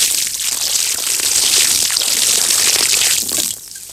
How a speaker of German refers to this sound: Als er weg ist, kippt sie alle Getränke zusammen und gießt damit die Blumen.